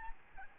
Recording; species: mosquito wingbeat signal from an infrared sensor; Aedes albopictus